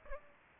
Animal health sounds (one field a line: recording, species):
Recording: mosquito wingbeat signal from an infrared sensor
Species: Aedes aegypti